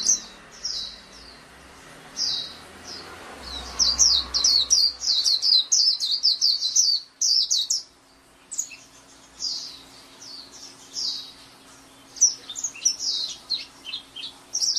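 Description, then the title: Oriental magpie-robin song: bursts of rapid, high chirping notes in short phrases separated by brief pauses. "Kicau Kacer"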